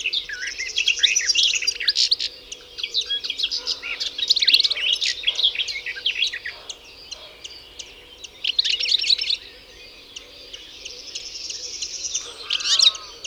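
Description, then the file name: European goldfinch twittering, busy jingling phrases of high chirps and trills in several bursts with short pauses between them. "Carduelis carduelis"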